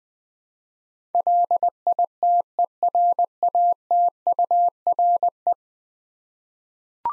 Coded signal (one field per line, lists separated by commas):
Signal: Morse code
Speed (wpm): 20 wpm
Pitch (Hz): 700 Hz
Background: none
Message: LITERATURE